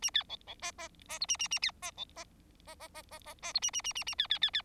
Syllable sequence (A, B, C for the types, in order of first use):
A B C C D D D E A A A B D C D D D D D D D E A A A A A B B B B